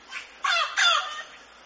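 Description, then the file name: Mealy amazon uttering two loud, raucous squawks in quick succession, with a faint shorter call just before them. "canto do do papagaio moleiro"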